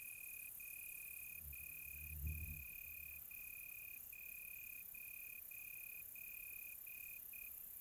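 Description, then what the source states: Cricket trilling in short regular bursts throughout, with a brief low rumbling knock partway through and a steady high hiss. Quiet tropical night.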